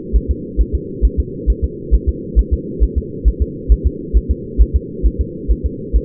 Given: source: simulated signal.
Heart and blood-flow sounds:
fetal heart sounds
0.16 s: S1
0.31 s: S2
0.61 s: S1
0.75 s: S2
1.05 s: S1
1.20 s: S2
1.50 s: S1
1.64 s: S2
1.94 s: S1
2.09 s: S2
2.39 s: S1
2.53 s: S2
2.83 s: S1
2.98 s: S2
3.28 s: S1
3.42 s: S2
3.72 s: S1
3.87 s: S2
4.17 s: S1
4.31 s: S2
4.61 s: S1
4.76 s: S2
5.06 s: S1
5.21 s: S2
5.51 s: S1
5.66 s: S2
5.96 s: S1
From the record:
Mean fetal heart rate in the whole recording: 135 bpm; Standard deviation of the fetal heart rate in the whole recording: 3 bpm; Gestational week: 34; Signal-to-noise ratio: -4.1 dB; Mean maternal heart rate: no maternal heart sound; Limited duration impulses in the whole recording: absent

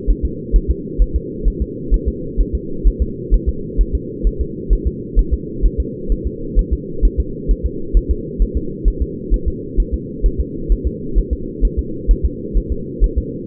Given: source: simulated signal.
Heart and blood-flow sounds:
fetal heart sounds
0.10 s: S1
0.25 s: S2
0.56 s: S1
0.71 s: S2
1.02 s: S1
1.16 s: S2
1.48 s: S1
1.62 s: S2
1.94 s: S1
2.08 s: S2
2.41 s: S1
2.55 s: S2
2.87 s: S1
3.02 s: S2
3.34 s: S1
3.49 s: S2
3.81 s: S1
3.95 s: S2
4.27 s: S1
4.41 s: S2
4.73 s: S1
4.87 s: S2
5.19 s: S1
5.34 s: S2
5.66 s: S1
5.80 s: S2
6.12 s: S1
6.27 s: S2
6.59 s: S1
6.73 s: S2
7.05 s: S1
7.20 s: S2
7.51 s: S1
7.66 s: S2
7.97 s: S1
8.11 s: S2
8.42 s: S1
8.57 s: S2
8.88 s: S1
9.02 s: S2
9.34 s: S1
9.48 s: S2
9.80 s: S1
9.94 s: S2
10.26 s: S1
10.41 s: S2
10.72 s: S1
10.87 s: S2
11.19 s: S1
11.33 s: S2
11.65 s: S1
11.79 s: S2
12.11 s: S1
12.25 s: S2
12.57 s: S1
12.72 s: S2
13.04 s: S1
13.18 s: S2
From the record:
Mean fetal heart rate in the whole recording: 130 bpm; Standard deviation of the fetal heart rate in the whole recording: 2 bpm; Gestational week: 36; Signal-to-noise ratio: -4.3 dB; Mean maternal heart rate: 72 bpm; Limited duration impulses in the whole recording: absent

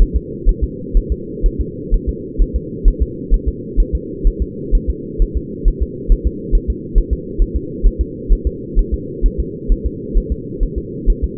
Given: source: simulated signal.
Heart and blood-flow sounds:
fetal heart sounds
0.02 s: S1
0.16 s: S2
0.49 s: S1
0.63 s: S2
0.97 s: S1
1.12 s: S2
1.46 s: S1
1.61 s: S2
1.94 s: S1
2.09 s: S2
2.42 s: S1
2.56 s: S2
2.88 s: S1
3.02 s: S2
3.34 s: S1
3.48 s: S2
3.80 s: S1
3.95 s: S2
4.27 s: S1
4.42 s: S2
4.75 s: S1
4.89 s: S2
5.22 s: S1
5.37 s: S2
5.68 s: S1
5.82 s: S2
6.12 s: S1
6.27 s: S2
6.55 s: S1
6.70 s: S2
6.98 s: S1
7.13 s: S2
7.42 s: S1
7.56 s: S2
7.87 s: S1
8.01 s: S2
8.33 s: S1
8.47 s: S2
8.79 s: S1
8.94 s: S2
9.26 s: S1
9.40 s: S2
9.72 s: S1
9.86 s: S2
10.17 s: S1
10.32 s: S2
10.63 s: S1
10.78 s: S2
11.10 s: S1
11.24 s: S2
From the record:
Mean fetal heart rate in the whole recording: 130 bpm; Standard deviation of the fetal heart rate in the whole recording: 4 bpm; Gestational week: 38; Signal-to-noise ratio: -4.1 dB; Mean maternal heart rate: no maternal heart sound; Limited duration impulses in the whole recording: absent

